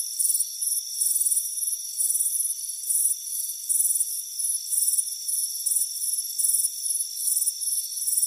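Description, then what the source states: Crickets chirping in quick, shrill pulsed bursts over a constant high insect drone. Crickets chirping on a front porch on a warm afternoon.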